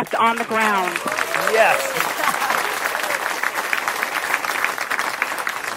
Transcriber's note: applause